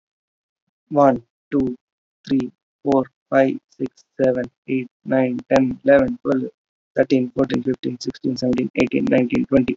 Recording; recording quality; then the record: counting at a normal pace; excellent, no background noise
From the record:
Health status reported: healthy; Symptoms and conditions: none ticked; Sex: male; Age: 35 years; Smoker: not ticked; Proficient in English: yes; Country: India